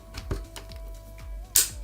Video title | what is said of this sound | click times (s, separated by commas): NAVEE N65 - E SCOOTER - 500W MOTOR - RANGE UP TO 65KM 48V 12.5Ah 600Wh - Test and Review | and it will snap in place and it's locked perfect | 1.6 s